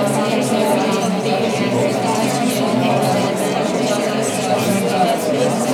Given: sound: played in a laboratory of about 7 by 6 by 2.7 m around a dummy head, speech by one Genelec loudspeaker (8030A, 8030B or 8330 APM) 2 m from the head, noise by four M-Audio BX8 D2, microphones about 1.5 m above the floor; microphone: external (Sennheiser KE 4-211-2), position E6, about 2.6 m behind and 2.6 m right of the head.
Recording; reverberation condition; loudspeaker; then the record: babble noise; high; four, about 170 cm from the corners of the room and facing them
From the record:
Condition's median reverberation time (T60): about 1300 ms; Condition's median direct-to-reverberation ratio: about -4.0 dB